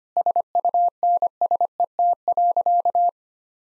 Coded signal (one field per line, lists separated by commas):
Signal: Morse code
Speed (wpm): 25 wpm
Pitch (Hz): 700 Hz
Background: none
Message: SUNSET.